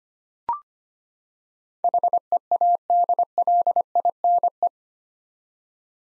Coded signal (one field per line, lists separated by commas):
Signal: Morse code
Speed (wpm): 25 wpm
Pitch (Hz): 700 Hz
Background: none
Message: HEADLINE